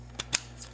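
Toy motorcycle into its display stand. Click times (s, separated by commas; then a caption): 0.3 s. The plastic motorcycle of a Transformers figure is seated into the gap in its plastic display stand. A light tap at 0.2 s is followed by a sharp snap at 0.4 s as the toy bike clicks into place, then a faint low hum continues.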